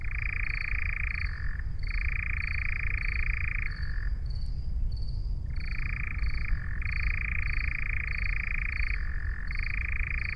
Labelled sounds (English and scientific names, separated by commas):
Eurasian Nightjar (Caprimulgus europaeus) song